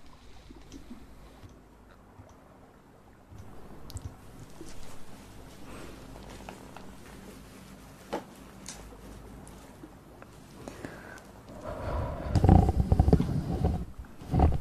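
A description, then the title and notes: Hand and mouth sounds: soft low rumbles, breathy rustles and scattered clicks and taps, quiet at first and building gradually. After about twelve seconds a louder, growling mouth sound takes over, rough and throaty, with a final burst near the end. Hand Sounds & Mouth Sounds.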